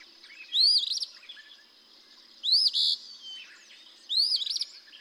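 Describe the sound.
Eastern Phoebe giving three harsh, buzzy phrases that rise then rasp.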